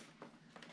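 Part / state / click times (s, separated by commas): LED light into the ATV body mounting opening / seated / 0.6 s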